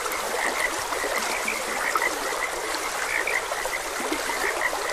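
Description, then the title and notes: Frogs croaking, many short bright calls at a similar pitch, over the constant hiss and rush of flowing water. Frogs croaking beside a gentle stream. "Frogs Croaking. Sleep and Relaxation Podcast"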